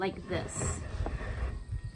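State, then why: Seated. A pressure canner lid is twisted onto its metal pot until the handles line up, with no clamping screw to tighten. Someone talks as the lid locks into place with a sharp click at 1.0 s, after which it is locked and ready to build pressure.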